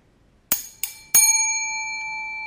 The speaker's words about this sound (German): Ich werde also entweder die Glocke oder ja, die Glocke ist da. Das ist die Glocke oder Gong.